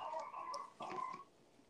She has croup after a cold, possibly after the viral infection that's going around in New Zealand.